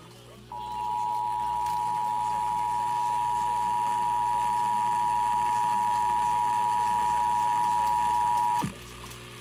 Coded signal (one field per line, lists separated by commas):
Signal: Emergency Alert System (SAME) tones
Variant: 853 and 960 Hz attention tone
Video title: Ventura Required Monthly Test EAS #167 169 7 6 21